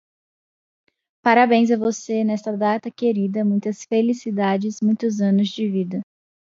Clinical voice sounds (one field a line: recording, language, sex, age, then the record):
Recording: short text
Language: Brazilian Portuguese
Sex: female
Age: 20 to 29 years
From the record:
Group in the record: control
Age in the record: 20 years